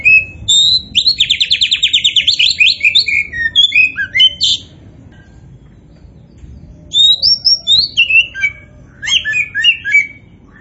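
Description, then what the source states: Oriental magpie-robin song opening with a rapid rattling trill, then scattered bright whistles and chirps, with a quiet pause midway. Kacer poci type, singing vigorously (gacor).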